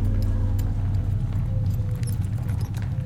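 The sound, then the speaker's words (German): A horse-drawn carriage rolls along, its hooves clopping in an uneven rhythm of sharp clicks over a steady, loud low rumble of wheels, with no voices. “Bald darauf rollt der Wagen mit den Reisenden durch die totenstillen Straßen der Landstadt.”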